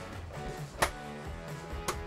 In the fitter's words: Well, you know it's locked back into place.